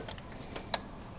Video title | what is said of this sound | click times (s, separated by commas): How to almost ruin an engine by tapping a few holes | think that was a click. There's a click. | 0.7 s